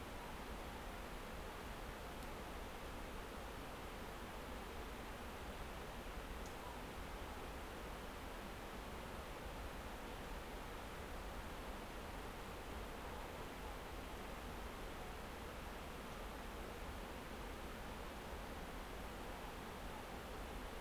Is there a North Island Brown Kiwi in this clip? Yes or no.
no